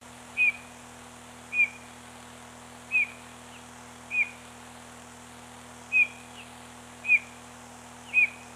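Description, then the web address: Bird repeating brief high whistled notes with a quick downward slur, seven notes at uneven intervals of one to two seconds over a low continuous hum. Recorded on 19 December. "birdsong 19 XII"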